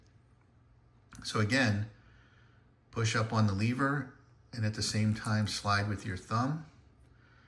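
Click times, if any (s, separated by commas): none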